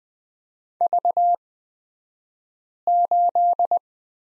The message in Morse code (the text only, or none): V8